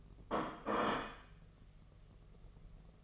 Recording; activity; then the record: daily activity, microphone in the room; place plate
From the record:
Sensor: 4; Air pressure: 1016.0 hPa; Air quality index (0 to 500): 209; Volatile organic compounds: 13 ppm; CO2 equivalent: 2410 ppm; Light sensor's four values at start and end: 12/27/11/11 and 12/27/11/11